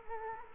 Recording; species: mosquito wingbeat signal from an infrared sensor; Culex quinquefasciatus